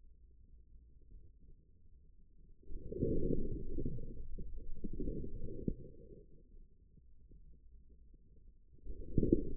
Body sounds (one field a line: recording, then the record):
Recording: forearm muscle sounds (acoustic myography)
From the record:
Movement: inward rotation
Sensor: system 2, bracelet of six BSWA MPA416 microphones around the upper forearm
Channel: 6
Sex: male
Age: 22 years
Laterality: right